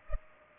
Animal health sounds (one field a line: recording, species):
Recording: mosquito wingbeat signal from an infrared sensor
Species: Culex pipiens